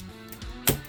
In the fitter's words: there we go so that's snapped into place and now just bring this around